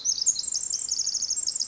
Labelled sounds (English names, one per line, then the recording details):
Pacific Wren
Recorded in Sonoma County, California